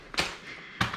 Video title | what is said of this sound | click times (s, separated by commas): Ickle Bubba Discovery Max Pushchair Review | and then it clicks back into place | 0.8 s